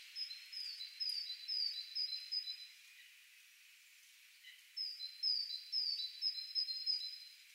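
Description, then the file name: Great tit singing clear see-saw whistles, high note then lower note, several pairs per burst, in two bursts separated by a pause. "Parus major"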